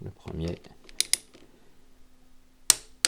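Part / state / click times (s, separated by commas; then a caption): rear brake caliper bolt tightened with torque wrench / torque reached / 2.7 s, 3.0 s. Someone talks briefly while a torque wrench set to 26 Nm tightens the second rear brake caliper bolt on an FJR 1300 during a rear brake pad replacement. Two sharp ticks are heard near 1.0 and 1.1 seconds, followed by a low steady hum. The torque wrench then clicks at 2.7 and 3.1 seconds, confirming the bolt is tightened to 26 Nm and the job is finished.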